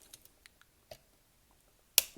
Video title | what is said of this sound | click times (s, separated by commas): Video Review: Iron Factory IF-EX44 City Commander FINAL BATTLE ARMOR | click it into place like that that's the only scary part is clipping it it's clipping that into place | 2.0 s